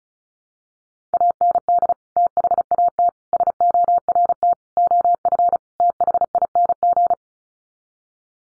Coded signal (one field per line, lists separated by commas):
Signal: Morse code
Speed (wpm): 34 wpm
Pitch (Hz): 700 Hz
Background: none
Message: AND THAT SORT OF THING